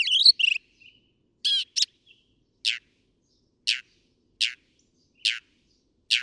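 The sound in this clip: Northern mockingbird song: a burst of varied chirps, then a series of sharp, dry, rasping notes spaced about a second apart against quiet.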